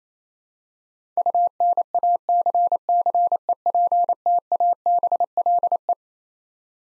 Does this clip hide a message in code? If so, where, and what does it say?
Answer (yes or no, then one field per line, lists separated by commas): yes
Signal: Morse code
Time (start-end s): 1.2-5.9 s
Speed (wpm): 27 wpm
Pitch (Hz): 700 Hz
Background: none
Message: UNACCEPTABLE